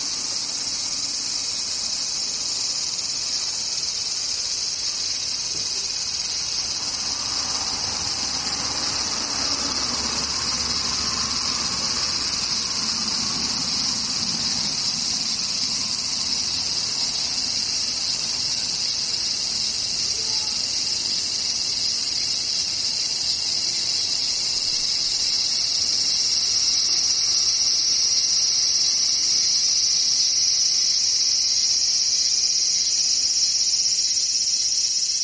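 Cicadas buzz in a dense, unbroken drone, a bright high hiss that holds steady for the whole half-minute and swells slightly near the end. Underneath, a faint low rumble passes between about seven and seventeen seconds, like a vehicle.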